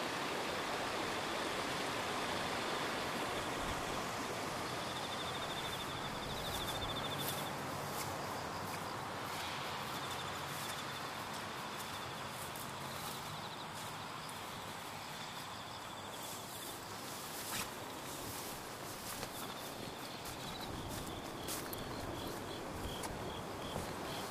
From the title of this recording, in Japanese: 雨の多摩川を歩く音